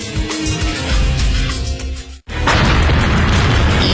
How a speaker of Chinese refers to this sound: 1949年11月，沈阳迎来解放，但是影城的第一夜就发生了爆炸。 沈阳当时简直就是一个坐在炸药包上的城市。